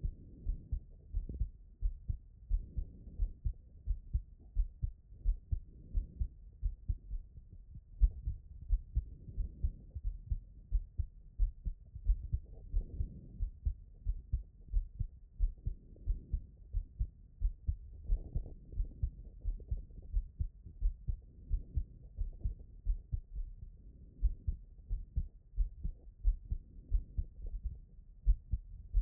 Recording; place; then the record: heart sounds by stethoscope; pulmonary valve (PV)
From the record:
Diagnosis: non-HFrEF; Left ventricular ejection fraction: 47%